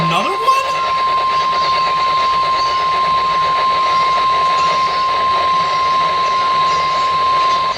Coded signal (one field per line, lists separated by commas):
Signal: Emergency Alert System (SAME) tones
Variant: 1050 Hz attention tone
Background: speech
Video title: MARGINALLY TORNADIC.... | EAS Alerts from 6/5/24 | EAS#669-689